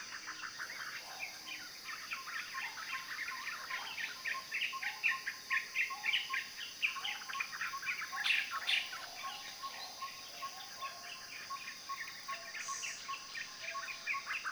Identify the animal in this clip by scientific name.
Turdus pelios